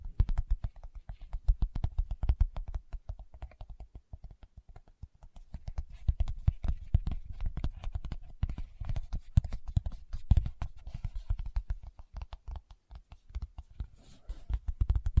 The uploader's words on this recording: ASMR Tapping with Fingertips (No Talking).